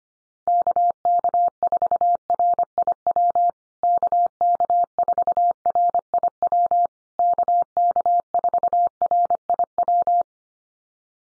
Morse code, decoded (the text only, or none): KK4RIW KK4RIW KK4RIW